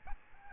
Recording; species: mosquito wingbeat signal from an infrared sensor; Aedes albopictus